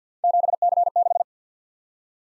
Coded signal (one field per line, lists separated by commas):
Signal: Morse code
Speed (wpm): 52 wpm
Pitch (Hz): 700 Hz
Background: none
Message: 7C6